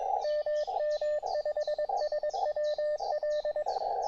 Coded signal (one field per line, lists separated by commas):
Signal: Morse code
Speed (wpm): 21 wpm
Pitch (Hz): 590 Hz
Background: radio noise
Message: MM5SWL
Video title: A Tiny Operating Spot on the River Tweed Estuary – 5W QRP POTA!